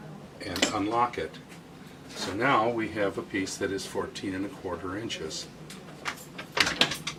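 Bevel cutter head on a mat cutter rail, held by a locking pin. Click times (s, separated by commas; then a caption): 0.6 s. The bevel cutter head on a mat cutter rail, tipped down and held by a small locking pin, is released as the pin unlocks, giving two quick clicks at 0.6 s. Someone then talks, and a few more short sharp knocks come between 5.7 and 7.1 s.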